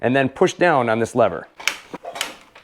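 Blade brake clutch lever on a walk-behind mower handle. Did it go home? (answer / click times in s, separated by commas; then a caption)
yes / 1.7 s. On a used John Deere JX75 walk-behind mower, the handle bail is pulled down and the blade brake clutch lever on the handle, which has a heavy-duty spring inside, is pushed down to engage the blade while the engine runs. Someone talks first, then the lever locks with a sharp click at 1.7 s, followed by a few fainter knocks. The blade brake clutch is engaged and the blade is spinning.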